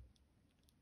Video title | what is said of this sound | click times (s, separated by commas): How to replace all keycaps on a MacBook Pro A1706, A1707 and A1708 (2016 - 2018) | and gently raise until you hear it click | 0.7 s